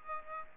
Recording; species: mosquito wingbeat signal from an infrared sensor; Aedes aegypti